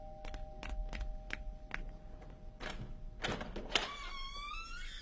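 A door opens: a series of sharp clicks and rattles, a couple of louder clunks of the latch, then a thin, wavering squeak as it swings, with no voices.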